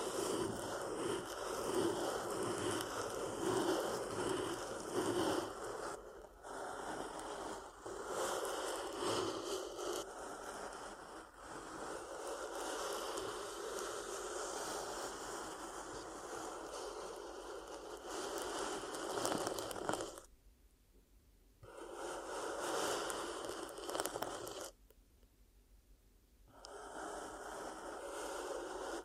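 Ear cupping sounds: a dense, steady hiss of rubbing and muffled rustling runs through most of the clip, with small dips near 6 and 10 seconds. Around 20 and again at 25 seconds the sound cuts to near silence for a second or two before resuming.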